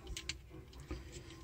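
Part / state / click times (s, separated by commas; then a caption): plastic rear section of a transforming robot figure / seated / 0.3 s. The plastic rear section of a transforming robot figure is pushed back and pressed down during its change into a toy vehicle. A few small plastic ticks come first, then a sharp click at 0.3 s as the section locks into place.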